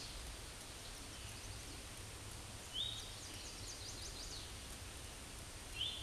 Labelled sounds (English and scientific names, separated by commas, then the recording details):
Hooded Warbler (Setophaga citrina) song
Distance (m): 30 m
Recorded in a Pennsylvania forest on 18 May 2023 at 09:33
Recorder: AudioMoth, point grid1_31_low
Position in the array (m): 172 m, 84 m